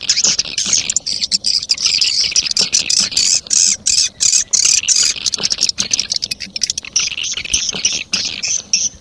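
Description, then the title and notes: Swiftlet chirps, high twittering phrases pulsing in quick bursts with short pauses. Sound used in swiftlet farming, Asia. "Swiflet Bird Sound. Farming Swiflet Bird asia sound"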